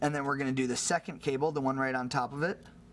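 Someone talks while handling the second display flex cable, which sits right on top of the first, as it is brought to its logic board connector in an iPhone 5 during a screen replacement. It is meant to be pressed in gently so it can be heard snapping in, but nothing has seated or clicked yet.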